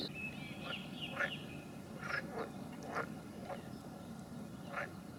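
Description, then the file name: Frogs giving short, clipped croaks at irregular intervals. "Nature Recordings - Frogs"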